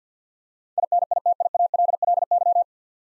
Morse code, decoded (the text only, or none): INITIALLY